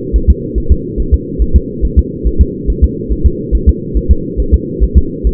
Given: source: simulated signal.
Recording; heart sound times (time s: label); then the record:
fetal heart sounds
0.16 s: S1
0.30 s: S2
0.58 s: S1
0.72 s: S2
1.00 s: S1
1.14 s: S2
1.42 s: S1
1.56 s: S2
1.85 s: S1
1.99 s: S2
2.27 s: S1
2.41 s: S2
2.70 s: S1
2.84 s: S2
3.12 s: S1
3.26 s: S2
3.55 s: S1
3.69 s: S2
3.97 s: S1
4.11 s: S2
4.40 s: S1
4.54 s: S2
4.84 s: S1
4.97 s: S2
5.27 s: S1
From the record:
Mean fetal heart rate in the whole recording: 140 bpm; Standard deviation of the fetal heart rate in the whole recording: 2 bpm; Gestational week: 34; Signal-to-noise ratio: -8.1 dB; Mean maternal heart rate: 72 bpm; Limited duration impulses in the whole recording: present